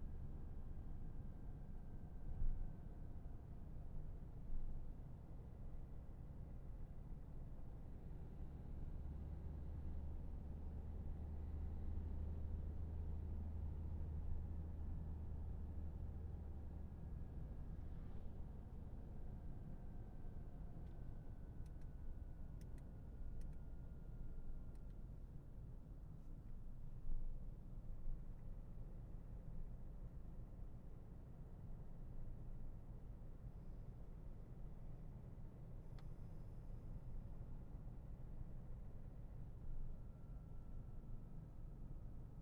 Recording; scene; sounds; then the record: everyday scene through a hearing-aid microphone; in a vehicle; engine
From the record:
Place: Berlingo II, diesel engine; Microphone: behind the ear, left, rear